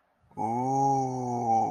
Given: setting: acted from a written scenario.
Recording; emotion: vocal sound without words; awe